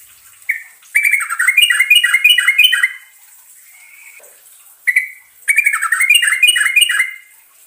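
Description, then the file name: Bulbul singing two long bubbly phrases of rapid, cascading liquid notes, separated by a short soft trill; a faint steady high hiss behind. Trucukan song in the ropelan style, with a long roll (ngerol panjang). "suara trucukan ropelan ngerol panjang"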